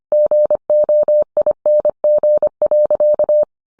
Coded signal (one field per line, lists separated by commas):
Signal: Morse code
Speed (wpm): 25 wpm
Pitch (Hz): 600 Hz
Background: none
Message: GOING.